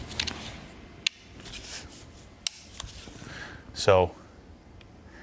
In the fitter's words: see if i did it right yeah see now it needs to click in place